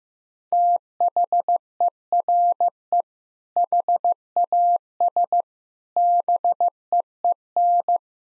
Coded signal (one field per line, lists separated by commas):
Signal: Morse code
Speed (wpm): 15 wpm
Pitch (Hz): 700 Hz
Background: none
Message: THERE HAS BEEN